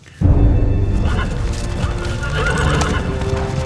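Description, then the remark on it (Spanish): A horse neighs loudly with a shaky, rising whinny, its harmonic cries sustained over steady hoof clops and low rumbling for several seconds. “¡Mi caballo no! ¡Lo necesito!”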